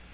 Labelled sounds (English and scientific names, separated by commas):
Black-throated Green Warbler (Setophaga virens) flight call